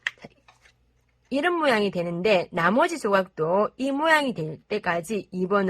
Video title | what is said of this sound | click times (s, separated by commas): 매직큐브 만들기 | 꼭 똑 소리가 날 때까지 끼워주세요. | 0.1 s